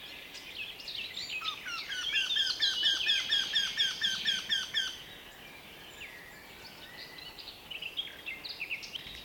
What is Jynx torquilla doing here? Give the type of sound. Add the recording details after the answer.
song. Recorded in the wild. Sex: male. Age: adult. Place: Teerofenbrücke, Nationalpark Unteres Odertal, Brandenburg, DE. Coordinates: 53.1322, 14.3536. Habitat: wood. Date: 2021-05-17 14:47. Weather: cloudy, no wind, 15°C. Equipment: Sound Devices 702, Sennheiser MKH 415 T, Rhode Windschutz. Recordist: Frommolt, Karl-Heinz. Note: Gelände der Wildnisschule Teerofenbrücke - Freifläche mit Fuerstelle. Gesang eines Wendehalses